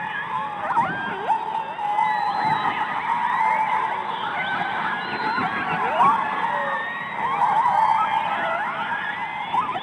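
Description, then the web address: Orca calls underwater, many overlapping whistles and pulsed calls with rising and falling sweeps, a busy continuous chorus with steady hiss beneath. Underwater recording of orcas. "subacuatica Orcas"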